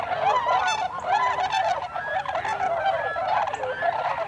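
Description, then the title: Tundra swans honking together, loud, clear whooping notes with bending pitch rising above a dense background of more calls. Recorded 26 December 2020. "2020-12-26-Tundra-Swans"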